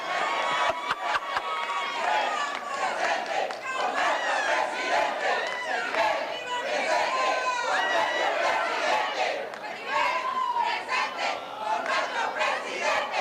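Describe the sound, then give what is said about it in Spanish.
A large crowd shouts and roars continuously for over ten seconds, a dense wall of overlapping voices that stays loud throughout, with rising cries and chant-like swells. “Mira cómo grita.”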